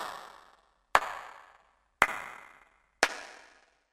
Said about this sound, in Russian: Гарин улыбнулся, церемонно поднял руки и четыре раза хлопнул в ладоши.